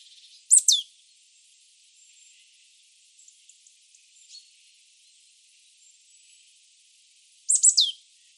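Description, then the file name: Marsh tit calls: a high, sharp burst with a falling final note, then quiet faint ticks, and a matching burst about seven seconds later. "Poecile palustris"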